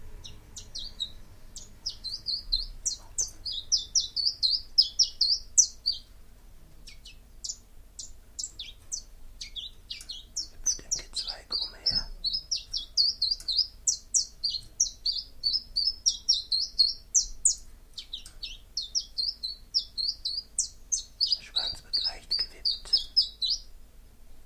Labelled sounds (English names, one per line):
Common Chiffchaff song